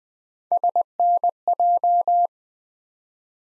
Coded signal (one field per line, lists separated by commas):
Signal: Morse code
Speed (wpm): 20 wpm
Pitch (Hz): 700 Hz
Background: none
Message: SNJ